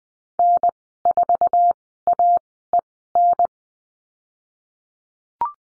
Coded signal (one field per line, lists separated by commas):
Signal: Morse code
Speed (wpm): 20 wpm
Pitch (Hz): 700 Hz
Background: none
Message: N4AEN